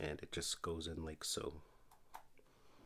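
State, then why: Seated. Someone talks while a rechargeable battery is pushed, logo facing the front, into the battery compartment of a Hero 6 Black action camera. After a faint tap at 1.9 s, a sharp click at 2.2 s marks the battery clipping into place and seating.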